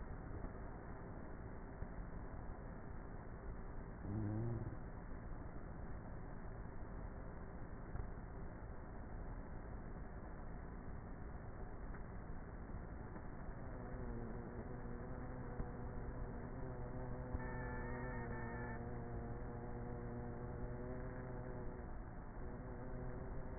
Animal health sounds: honeybee colony, microphone inside the hive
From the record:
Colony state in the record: queenless with a low population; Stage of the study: before two queens were removed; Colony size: about 30,000 bees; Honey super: no

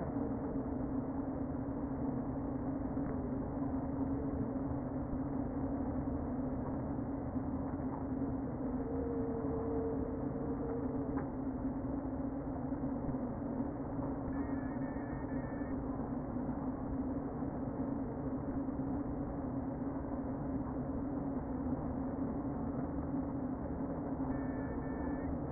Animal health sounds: honeybee colony, microphone inside the hive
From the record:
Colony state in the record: queen present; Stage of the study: before two queens were removed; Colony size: about 60,000 bees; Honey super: yes

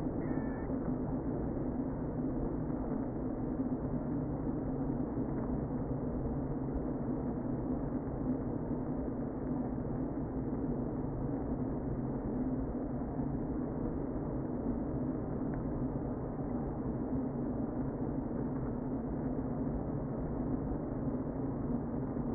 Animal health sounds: honeybee colony, microphone inside the hive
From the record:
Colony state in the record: queen present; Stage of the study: before two queens were removed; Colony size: about 60,000 bees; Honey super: yes

